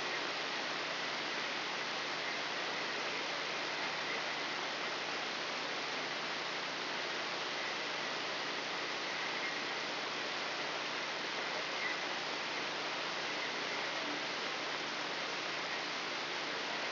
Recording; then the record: brain microelectrode recording played as sound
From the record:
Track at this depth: inside the subthalamic nucleus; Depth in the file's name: 3.908 mm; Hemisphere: left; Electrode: 3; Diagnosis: Parkinson's disease